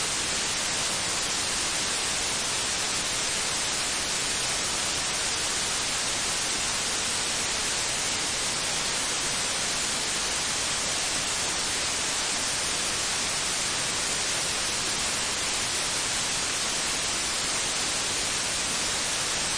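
Digital rain plays as a steady, dense hiss that never changes over the twenty seconds. The sound is bright and static-like, heavier in the upper range with a thinner low rumble beneath, and there are no separate drops or other sounds.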